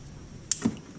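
A power cable plug is pushed onto the keyed terminal of a new windshield washer pump on a 2009 Mercedes-Benz CLK 350. A sharp, bright click at 0.5 s is followed by a duller low knock just after and a faint tick near 0.8 s. The plug's clip is seated in place.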